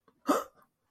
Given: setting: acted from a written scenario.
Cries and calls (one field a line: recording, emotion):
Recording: vocal sound without words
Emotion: negative surprise